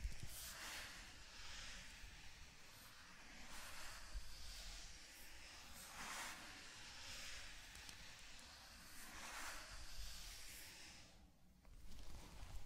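Sand being brushed in a zen garden, a dense crinkly hiss that swells and fades in slow sweeps about every two seconds. A low rumble runs underneath throughout. Near the end the hiss drops briefly before a final soft stroke.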